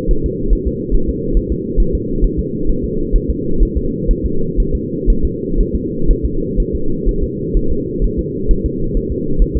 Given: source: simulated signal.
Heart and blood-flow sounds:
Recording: fetal heart sounds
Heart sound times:
0.11 s: S1
0.26 s: S2
0.53 s: S1
0.68 s: S2
0.94 s: S1
1.09 s: S2
1.37 s: S1
1.52 s: S2
1.80 s: S1
1.95 s: S2
2.24 s: S1
2.39 s: S2
2.69 s: S1
2.84 s: S2
3.16 s: S1
3.30 s: S2
3.62 s: S1
3.77 s: S2
4.11 s: S1
4.25 s: S2
4.60 s: S1
4.75 s: S2
5.10 s: S1
5.25 s: S2
5.60 s: S1
5.75 s: S2
6.10 s: S1
6.25 s: S2
6.60 s: S1
6.75 s: S2
7.09 s: S1
7.23 s: S2
7.57 s: S1
7.72 s: S2
8.04 s: S1
8.19 s: S2
8.51 s: S1
8.66 s: S2
8.97 s: S1
9.12 s: S2
9.42 s: S1
9.57 s: S2
From the record:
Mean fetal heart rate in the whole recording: 130 bpm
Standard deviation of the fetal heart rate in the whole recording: 4 bpm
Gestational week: 38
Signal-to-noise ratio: -8.1 dB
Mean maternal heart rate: 72 bpm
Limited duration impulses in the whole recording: present

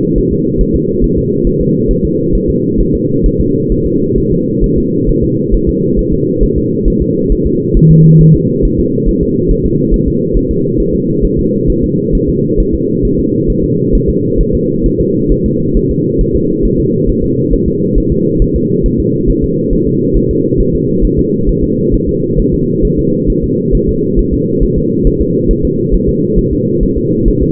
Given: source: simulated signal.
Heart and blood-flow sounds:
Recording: fetal heart sounds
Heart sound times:
0.18 s: S1
0.32 s: S2
0.61 s: S1
0.75 s: S2
1.04 s: S1
1.18 s: S2
1.47 s: S1
1.61 s: S2
1.91 s: S1
2.05 s: S2
2.35 s: S1
2.50 s: S2
2.81 s: S1
2.95 s: S2
3.26 s: S1
3.41 s: S2
3.72 s: S1
3.86 s: S2
4.18 s: S1
4.32 s: S2
4.64 s: S1
4.78 s: S2
5.09 s: S1
5.24 s: S2
5.54 s: S1
5.69 s: S2
5.99 s: S1
6.13 s: S2
6.43 s: S1
6.58 s: S2
6.88 s: S1
7.02 s: S2
7.32 s: S1
7.47 s: S2
7.77 s: S1
7.91 s: S2
8.21 s: S1
8.35 s: S2
8.65 s: S1
8.80 s: S2
9.09 s: S1
9.23 s: S2
9.51 s: S1
9.66 s: S2
9.94 s: S1
10.08 s: S2
10.37 s: S1
10.51 s: S2
10.80 s: S1
10.94 s: S2
11.25 s: S1
11.39 s: S2
11.70 s: S1
11.84 s: S2
12.15 s: S1
12.29 s: S2
12.60 s: S1
12.75 s: S2
13.05 s: S1
13.19 s: S2
13.50 s: S1
13.64 s: S2
13.95 s: S1
14.09 s: S2
14.41 s: S1
14.55 s: S2
14.86 s: S1
15.01 s: S2
15.32 s: S1
15.46 s: S2
15.77 s: S1
15.91 s: S2
16.21 s: S1
16.35 s: S2
16.65 s: S1
16.80 s: S2
17.09 s: S1
17.24 s: S2
17.53 s: S1
17.68 s: S2
17.98 s: S1
18.12 s: S2
18.42 s: S1
18.56 s: S2
18.86 s: S1
19.00 s: S2
19.30 s: S1
19.44 s: S2
19.73 s: S1
19.87 s: S2
20.17 s: S1
20.31 s: S2
20.60 s: S1
20.75 s: S2
21.05 s: S1
21.19 s: S2
21.49 s: S1
21.64 s: S2
21.94 s: S1
22.09 s: S2
22.40 s: S1
22.54 s: S2
22.85 s: S1
22.99 s: S2
23.30 s: S1
23.44 s: S2
23.75 s: S1
23.89 s: S2
24.19 s: S1
24.34 s: S2
24.63 s: S1
24.78 s: S2
25.07 s: S1
25.21 s: S2
25.51 s: S1
25.65 s: S2
25.94 s: S1
26.09 s: S2
26.39 s: S1
26.53 s: S2
26.83 s: S1
26.97 s: S2
27.28 s: S1
27.42 s: S2
From the record:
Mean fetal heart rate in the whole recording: 135 bpm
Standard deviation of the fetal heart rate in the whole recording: 3 bpm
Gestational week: 36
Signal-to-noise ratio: -11.2 dB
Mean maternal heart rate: 72 bpm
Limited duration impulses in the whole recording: present

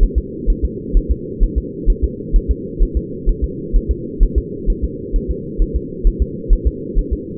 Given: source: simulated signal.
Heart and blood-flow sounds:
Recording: fetal heart sounds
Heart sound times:
0.03 s: S1
0.18 s: S2
0.50 s: S1
0.65 s: S2
0.97 s: S1
1.11 s: S2
1.43 s: S1
1.58 s: S2
1.90 s: S1
2.04 s: S2
2.36 s: S1
2.51 s: S2
2.83 s: S1
2.97 s: S2
3.29 s: S1
3.44 s: S2
3.76 s: S1
3.91 s: S2
4.23 s: S1
4.38 s: S2
4.70 s: S1
4.84 s: S2
5.16 s: S1
5.31 s: S2
5.62 s: S1
5.76 s: S2
6.07 s: S1
6.22 s: S2
6.53 s: S1
6.67 s: S2
6.99 s: S1
7.13 s: S2
From the record:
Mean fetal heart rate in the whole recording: 130 bpm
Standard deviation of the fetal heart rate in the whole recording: 2 bpm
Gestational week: 38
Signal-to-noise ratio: -4.1 dB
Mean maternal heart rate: no maternal heart sound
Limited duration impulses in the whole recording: absent

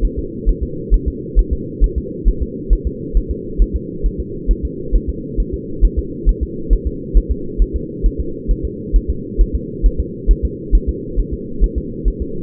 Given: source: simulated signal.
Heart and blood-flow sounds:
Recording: fetal heart sounds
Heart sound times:
0.05 s: S1
0.19 s: S2
0.49 s: S1
0.63 s: S2
0.94 s: S1
1.08 s: S2
1.39 s: S1
1.53 s: S2
1.84 s: S1
1.98 s: S2
2.28 s: S1
2.42 s: S2
2.73 s: S1
2.87 s: S2
3.17 s: S1
3.31 s: S2
3.62 s: S1
3.76 s: S2
4.06 s: S1
4.20 s: S2
4.51 s: S1
4.65 s: S2
4.95 s: S1
5.09 s: S2
5.40 s: S1
5.54 s: S2
5.85 s: S1
5.99 s: S2
6.29 s: S1
6.43 s: S2
6.73 s: S1
6.87 s: S2
7.17 s: S1
7.31 s: S2
7.62 s: S1
7.76 s: S2
8.06 s: S1
8.20 s: S2
8.51 s: S1
8.65 s: S2
8.96 s: S1
9.10 s: S2
9.41 s: S1
9.55 s: S2
9.86 s: S1
10.00 s: S2
10.31 s: S1
10.45 s: S2
10.75 s: S1
10.89 s: S2
11.19 s: S1
11.33 s: S2
11.64 s: S1
11.78 s: S2
12.08 s: S1
12.22 s: S2
From the record:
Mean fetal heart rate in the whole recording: 135 bpm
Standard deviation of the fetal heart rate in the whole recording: 3 bpm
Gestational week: 36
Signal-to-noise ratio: -4.3 dB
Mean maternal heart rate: 72 bpm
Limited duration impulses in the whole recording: absent

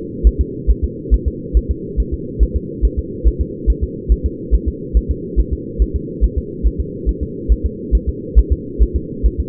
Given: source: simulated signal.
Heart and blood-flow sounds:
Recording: fetal heart sounds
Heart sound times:
0.27 s: S1
0.41 s: S2
0.70 s: S1
0.84 s: S2
1.14 s: S1
1.28 s: S2
1.57 s: S1
1.71 s: S2
2.00 s: S1
2.14 s: S2
2.43 s: S1
2.56 s: S2
2.85 s: S1
2.99 s: S2
3.27 s: S1
3.41 s: S2
3.70 s: S1
3.84 s: S2
4.12 s: S1
4.26 s: S2
4.54 s: S1
4.68 s: S2
4.97 s: S1
5.11 s: S2
5.39 s: S1
5.53 s: S2
5.82 s: S1
5.96 s: S2
6.24 s: S1
6.38 s: S2
6.67 s: S1
6.80 s: S2
7.09 s: S1
7.23 s: S2
7.52 s: S1
7.66 s: S2
7.95 s: S1
8.09 s: S2
8.39 s: S1
8.52 s: S2
8.82 s: S1
8.96 s: S2
9.26 s: S1
9.40 s: S2
From the record:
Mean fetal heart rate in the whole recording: 140 bpm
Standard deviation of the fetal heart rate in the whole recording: 2 bpm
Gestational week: 34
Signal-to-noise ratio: -4.1 dB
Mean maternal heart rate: no maternal heart sound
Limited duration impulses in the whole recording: absent

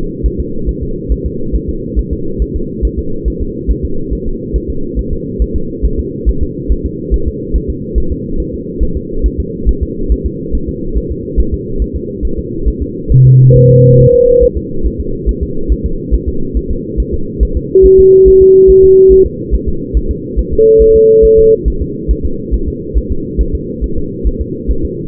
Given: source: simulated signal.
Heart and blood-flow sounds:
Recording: fetal heart sounds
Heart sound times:
0.26 s: S1
0.40 s: S2
0.69 s: S1
0.83 s: S2
1.12 s: S1
1.26 s: S2
1.56 s: S1
1.70 s: S2
1.99 s: S1
2.13 s: S2
2.42 s: S1
2.56 s: S2
2.85 s: S1
2.99 s: S2
3.28 s: S1
3.42 s: S2
3.71 s: S1
3.85 s: S2
4.13 s: S1
4.27 s: S2
4.56 s: S1
4.70 s: S2
4.99 s: S1
5.13 s: S2
5.42 s: S1
5.56 s: S2
5.86 s: S1
6.00 s: S2
6.29 s: S1
6.43 s: S2
6.72 s: S1
6.86 s: S2
7.14 s: S1
7.28 s: S2
7.56 s: S1
7.70 s: S2
7.98 s: S1
8.12 s: S2
8.40 s: S1
8.54 s: S2
8.83 s: S1
8.97 s: S2
9.26 s: S1
9.40 s: S2
9.69 s: S1
9.83 s: S2
10.12 s: S1
10.26 s: S2
10.55 s: S1
10.69 s: S2
10.97 s: S1
11.12 s: S2
11.40 s: S1
11.54 s: S2
11.82 s: S1
11.96 s: S2
12.25 s: S1
12.39 s: S2
12.68 s: S1
12.82 s: S2
13.12 s: S1
13.26 s: S2
13.56 s: S1
13.70 s: S2
14.00 s: S1
14.14 s: S2
14.43 s: S1
14.58 s: S2
14.86 s: S1
15.00 s: S2
15.29 s: S1
15.43 s: S2
15.72 s: S1
15.86 s: S2
16.14 s: S1
16.29 s: S2
16.57 s: S1
16.71 s: S2
17.00 s: S1
17.14 s: S2
17.43 s: S1
17.57 s: S2
17.86 s: S1
18.00 s: S2
18.28 s: S1
18.42 s: S2
18.70 s: S1
18.84 s: S2
19.12 s: S1
19.26 s: S2
19.55 s: S1
19.69 s: S2
19.97 s: S1
20.11 s: S2
20.39 s: S1
20.53 s: S2
20.82 s: S1
20.96 s: S2
21.25 s: S1
21.39 s: S2
21.68 s: S1
21.82 s: S2
22.11 s: S1
22.25 s: S2
22.54 s: S1
22.68 s: S2
22.98 s: S1
23.12 s: S2
23.41 s: S1
23.55 s: S2
23.84 s: S1
23.98 s: S2
24.27 s: S1
24.41 s: S2
24.71 s: S1
24.85 s: S2
From the record:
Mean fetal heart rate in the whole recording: 140 bpm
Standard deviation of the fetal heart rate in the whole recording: 2 bpm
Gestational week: 34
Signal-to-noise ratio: -8.1 dB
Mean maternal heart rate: 72 bpm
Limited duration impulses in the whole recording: present

